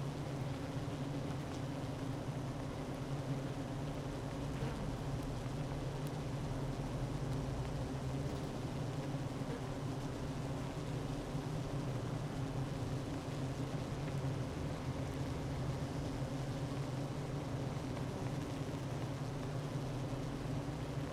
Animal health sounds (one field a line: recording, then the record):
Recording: honeybee colony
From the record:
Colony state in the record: active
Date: 12 June 2018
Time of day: 9:22